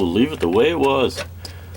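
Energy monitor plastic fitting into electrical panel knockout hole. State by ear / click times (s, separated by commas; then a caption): not seated / none. Someone talks while handling the Sense energy monitor's plastic fitting at the metal knockout hole of an electrical panel, getting ready to push it down. A brief faint tick follows under low background hum near the end. Nothing has seated or clicked into place yet.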